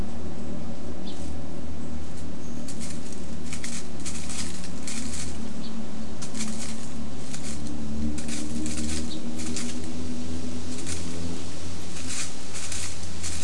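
A spotted towhee scratches through dry leaf litter in quick bursts of rustling, over a steady low wind murmur beneath oaks.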